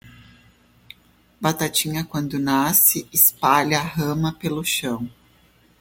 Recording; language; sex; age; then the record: short text; Brazilian Portuguese; female; 30 to 39 years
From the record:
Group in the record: control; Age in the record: 39 years